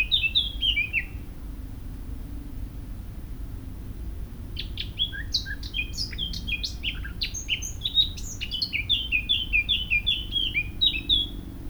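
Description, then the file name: Eurasian blackcap singing: a short fluty phrase, a pause of a few seconds, then a long, varied warble of clear whistles and quick twittering notes over faint low hum. "Sylvia atricapilla"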